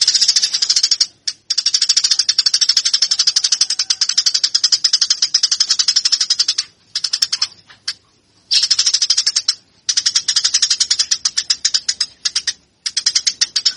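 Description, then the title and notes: Eurasian tree sparrow delivering long runs of rapid, scratchy chirping, interrupted by a few brief silences. Fighting (tarung) sparrow calls. "GEREJA TARUNG. burung gereja"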